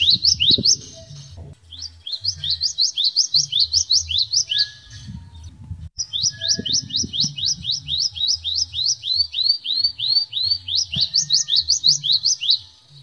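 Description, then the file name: Canary song made of long rolling trills of quick rising notes, broken by a few brief pauses, with some low knocks and a steady hum behind. Canary song in the 'isian glawing' style. "suara kenari isian glawing omkicau"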